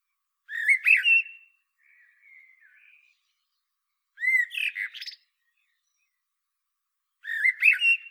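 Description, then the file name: Common blackbird giving three warbled phrases, with soft faint notes after the first, against a quiet background. "Turdus merula"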